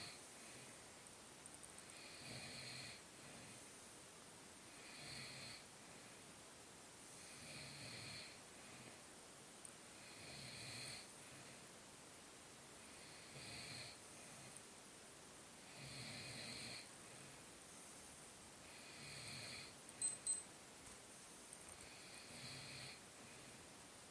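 Rhythmic, rough snorting noises repeat about every two and a half to three seconds, with a low rumbling rattle and a hissy airy edge. Loud, piggish snoring from a sleeping adult in a quiet room.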